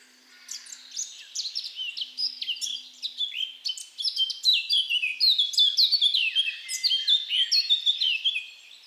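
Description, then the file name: Eurasian blackcap singing a lively, tumbling warble of quick varied notes that builds in volume and runs on for several seconds before trailing off. "Sylvia atricapilla"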